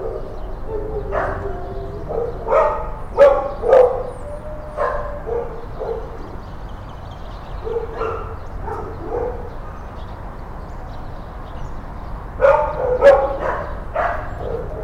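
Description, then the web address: Dogs barking in a kennel, short mid-pitched barks and yips in irregular bursts from several animals, louder clusters near three and thirteen seconds over a low steady hum. Kennel ambience with dogs, in stereo. "Foundation 1 AMBIENCE DOG KENNELS"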